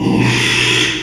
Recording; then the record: squeal of a Yucatan mini pig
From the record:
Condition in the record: after surgery on the right vocal fold (resection and tissue-engineered implant); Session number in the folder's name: 1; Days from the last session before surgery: 6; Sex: male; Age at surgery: 12 weeks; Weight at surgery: 13 kg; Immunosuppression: cyclosporine, prednisolone